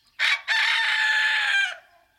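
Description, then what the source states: Chicken: rooster crowing, a short harsh first note then a long, loud, steady cry held for over a second before dropping away quickly. Rooster crowing; crowing order follows the pecking order: the top rooster crows first, and if he is removed, the next-ranking bird takes his place.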